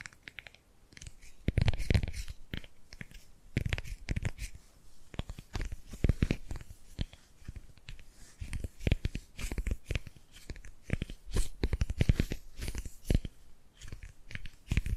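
Tapping and gripping sounds: dense, irregular clicks, taps and scratchy rustles crowd the whole stretch, with sharper thuds every second or so.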